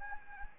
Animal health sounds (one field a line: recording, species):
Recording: mosquito wingbeat signal from an infrared sensor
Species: Anopheles gambiae